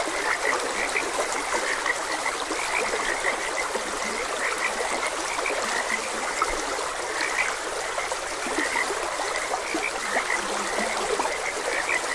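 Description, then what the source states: Frog croaks, numerous and overlapping, forming an unbroken chorus above steady flowing-water sound. Frogs croaking beside a gentle stream.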